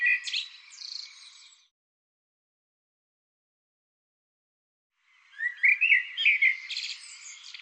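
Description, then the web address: Bird singing: a short burst of high chirps fading away, a silent gap of several seconds, then a longer jumbled phrase of quick twittering notes. "cianscape birddata Deverinetal 2025 Bird Tu Me Tu Me"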